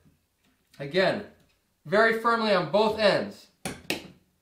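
A third DDR4 RAM stick is pressed firmly on both ends into a motherboard DIMM slot while someone talks. Two sharp snaps at 3.6 and 3.9 seconds mark both retention clips closing, and the stick is lined up and seated.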